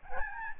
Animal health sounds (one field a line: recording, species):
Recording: mosquito wingbeat signal from an infrared sensor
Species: Aedes albopictus